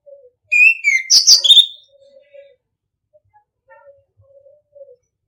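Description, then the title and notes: Orange-headed thrush with one short burst of loud whistles and squeaky notes, then scattered quiet low piping notes. Masteran (training) song in the ngeplong style. "ANIS KEMBANG NGEPLONG. Masteran Anis Kembang"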